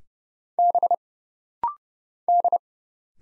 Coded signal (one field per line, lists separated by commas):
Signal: Morse code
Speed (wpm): 30 wpm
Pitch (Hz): 700 Hz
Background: none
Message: B D